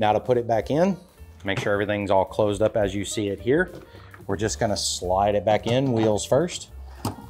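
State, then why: Not seated. Someone talks while the removable toilet cassette of a 2023 nuCamp Barefoot RV, closed up, is slid wheels first back into its exterior compartment. Two brief sharp sounds come at the very end, around 7.1 and 7.3 seconds. The cassette has not latched or seated yet.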